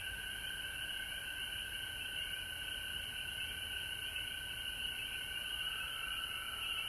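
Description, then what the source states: Chorus of frogs giving a constant trill, a clear lower tone joining in the final seconds, all overlapping without gaps. Recorded at home in Georgia on March 19, 2020.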